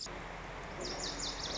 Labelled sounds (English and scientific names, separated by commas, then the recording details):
Lazuli Bunting (Passerina amoena)
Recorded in Sonoma County, California